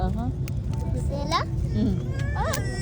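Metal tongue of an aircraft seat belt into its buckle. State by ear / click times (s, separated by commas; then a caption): seated / 2.5 s. The metal tongue of an aircraft seat belt is pushed into its buckle as a child fastens his airplane lap belt with a parent's guidance. Someone talks over a steady low background hum, and a single sharp click sounds at 2.5 s. The buckle clicks shut and is confirmed locked.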